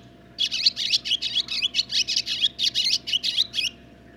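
Barn swallow song, a run of fast, scratchy twittering and chirping notes lasting over three seconds.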